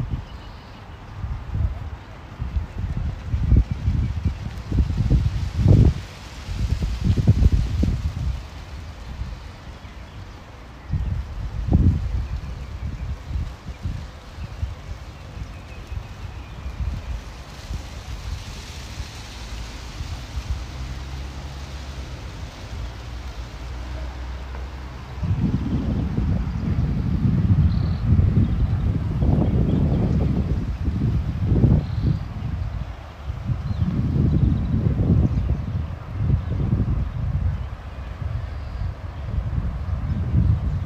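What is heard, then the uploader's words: Walking outdoors in Modiin, Israel, with low rumbling thumps and gusts that come in bursts around 3–8 seconds and again, heavier and more frequent, from about 25 seconds on. Between them a steady soft hiss fills the background, with faint rustling and distant traffic-like noise. City Park Sounds. Walking In Modiin, Israel.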